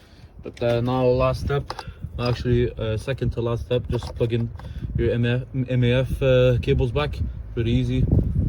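Someone talks while handling the plastic electrical connector of the MAF sensor wiring, about to plug it back into the mass air flow sensor on the intake of a C63 AMG after new ROW airboxes are fitted. Nothing has seated or clicked yet; the connector is not yet home.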